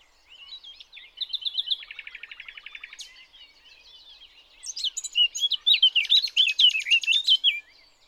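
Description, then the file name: Eurasian blackcap song, starting with soft scratchy twittering, a buzzy rattling trill, a quiet pause, then a loud rich warble of fluty, tumbling notes. "Sylvia atricapilla"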